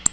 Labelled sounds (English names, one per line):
Black-throated Blue Warbler flight call